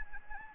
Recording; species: mosquito wingbeat signal from an infrared sensor; Anopheles arabiensis